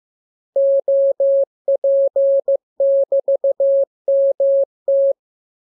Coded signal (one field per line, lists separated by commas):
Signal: Morse code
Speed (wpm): 15 wpm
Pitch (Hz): 550 Hz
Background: none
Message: OP<BT>MT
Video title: Learning Morse Code. Lesson 20. Letter KMURESNAPTLWI.JZ=FOY,